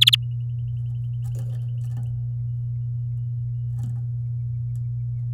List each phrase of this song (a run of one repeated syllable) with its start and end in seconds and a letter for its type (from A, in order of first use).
0.01-0.15 A